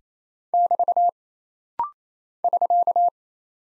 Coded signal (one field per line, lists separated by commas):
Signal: Morse code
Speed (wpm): 27 wpm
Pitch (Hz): 700 Hz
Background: none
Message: <BT> <SK>